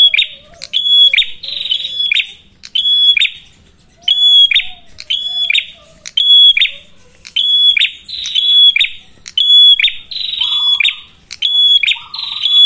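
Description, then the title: Prinia: a long run of buzzy chattering bursts with a high thin whistle, steady rhythm, with a soft lower whistle sliding downward in places. Lure (pancingan) for attracting and training birds (pikat, masteran); red-headed prenjak described as gacor. "Masteran Duet Cililin Vs Kapas Tembak. Pancingan Prenjak Kepala Merah Gacor [ Sangat Cocok banget Untuk Pikat dan Masteran ]"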